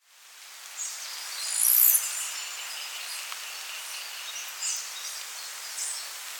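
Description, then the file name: Northern parula giving a short, very high, bright burst near the two-second mark, with faint thin high notes scattered around it over steady background hiss. "Setophaga americana - Northern Parula"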